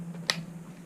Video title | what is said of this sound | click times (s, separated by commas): DJI Goggles - ITS AWESOME! and How does the view look like? | we go see that's the click and you guys might want to be careful | 0.3 s